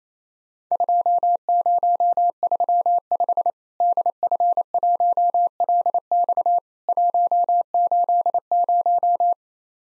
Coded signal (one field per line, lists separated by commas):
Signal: Morse code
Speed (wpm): 28 wpm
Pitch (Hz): 700 Hz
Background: none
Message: 2035 DF1LX 180